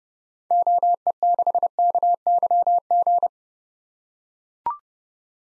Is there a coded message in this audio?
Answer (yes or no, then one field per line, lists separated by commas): yes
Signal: Morse code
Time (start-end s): 0.5-3.3 s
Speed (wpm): 30 wpm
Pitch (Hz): 700 Hz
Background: none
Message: OE6KYG